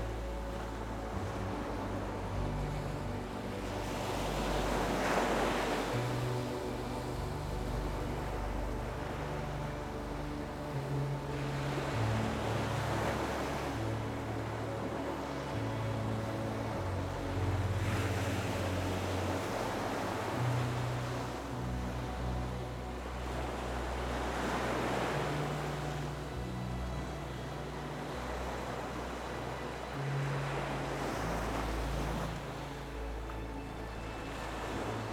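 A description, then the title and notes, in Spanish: Gentle ocean waves wash in and recede in slow, regular swells about every six seconds, each rising to a soft hiss. Beneath them, soft music holds low, sustained notes that change calmly, with faint steady tones running throughout. Las melodías suaves se mezclan con los sonidos tranquilizadores de las olas.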